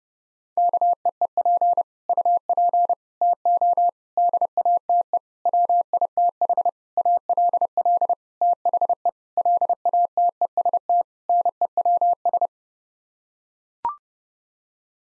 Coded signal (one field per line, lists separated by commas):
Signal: Morse code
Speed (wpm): 30 wpm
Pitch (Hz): 700 Hz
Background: none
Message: KEEP UP TO DATE WITH ALL THE LATEST NEWS